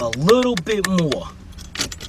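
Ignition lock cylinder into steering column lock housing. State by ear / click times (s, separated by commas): not seated / none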